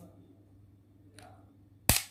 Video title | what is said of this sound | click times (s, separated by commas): how to select modules of switch and socket | टक की आवाज़ आएगी, स्विच बाहर। | 1.9 s